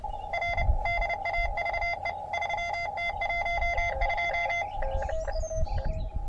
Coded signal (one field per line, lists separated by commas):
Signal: Morse code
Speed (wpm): 29 wpm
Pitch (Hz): 2050 Hz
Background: none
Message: R DAVE 3T12